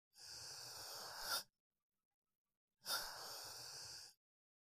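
Two faint, hissy breaths with a thin high whistle, the first ending in a brief louder peak and the second starting with one, separated by about a second of silence: an acted sound effect of weak wheezing breath by an adult.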